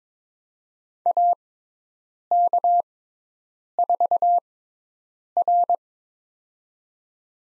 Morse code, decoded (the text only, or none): AK4R